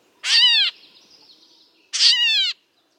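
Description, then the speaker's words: Gray Catbird mew calls: two nasal, downslurred, cat-like notes, the first trailing off faintly. Songbird found from Canada to Colombia; call likened to a kitten's meow. "from Canada to Colombia, these songbirds make a call like a kitten's meow."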